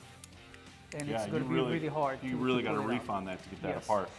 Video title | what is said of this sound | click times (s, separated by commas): Storm Grip Review | yeah you can hear it lock into place in | 0.2 s